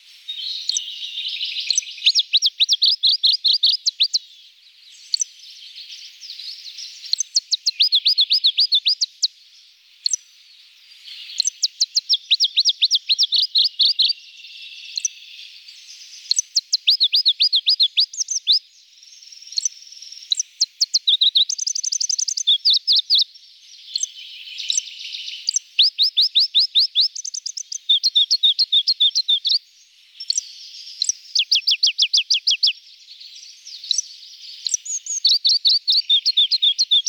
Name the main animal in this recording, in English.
Pallas's Leaf Warbler